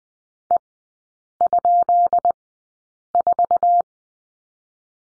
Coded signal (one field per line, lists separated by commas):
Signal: Morse code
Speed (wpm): 20 wpm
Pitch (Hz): 700 Hz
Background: none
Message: E?4